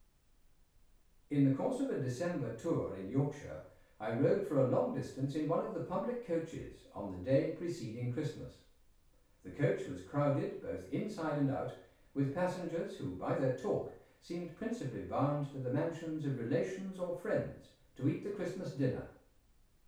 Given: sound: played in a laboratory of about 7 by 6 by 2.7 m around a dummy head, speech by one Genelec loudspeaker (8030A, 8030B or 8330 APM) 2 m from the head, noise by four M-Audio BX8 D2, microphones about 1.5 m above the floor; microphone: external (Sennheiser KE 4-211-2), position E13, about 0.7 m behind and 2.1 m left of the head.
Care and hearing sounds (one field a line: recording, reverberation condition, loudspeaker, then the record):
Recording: male speech in English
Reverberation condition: medium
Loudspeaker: behind (180 degrees)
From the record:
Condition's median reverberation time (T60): about 510 ms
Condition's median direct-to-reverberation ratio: about -0.5 dB